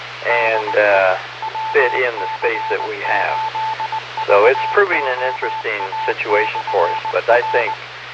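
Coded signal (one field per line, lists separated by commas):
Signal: Morse code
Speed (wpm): 19 wpm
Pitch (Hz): 880 Hz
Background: speech, radio noise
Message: DE WC8VOA/R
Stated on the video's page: Repeater associated with the VOA museum, 145.390 MHz, PL 114.8, received 130 miles away on stacked seven-element beams with 15 dB gain.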